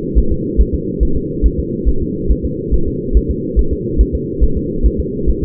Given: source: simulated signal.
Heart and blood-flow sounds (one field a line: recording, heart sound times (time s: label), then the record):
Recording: fetal heart sounds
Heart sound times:
0.18 s: S1
0.32 s: S2
0.61 s: S1
0.75 s: S2
1.03 s: S1
1.17 s: S2
1.46 s: S1
1.60 s: S2
1.89 s: S1
2.02 s: S2
2.31 s: S1
2.45 s: S2
2.74 s: S1
2.88 s: S2
3.17 s: S1
3.31 s: S2
3.59 s: S1
3.73 s: S2
4.01 s: S1
4.15 s: S2
4.44 s: S1
4.57 s: S2
4.86 s: S1
5.00 s: S2
5.30 s: S1
5.43 s: S2
From the record:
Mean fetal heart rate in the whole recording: 140 bpm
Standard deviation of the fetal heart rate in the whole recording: 2 bpm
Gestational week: 34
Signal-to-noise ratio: -8.1 dB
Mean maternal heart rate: 72 bpm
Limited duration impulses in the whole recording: absent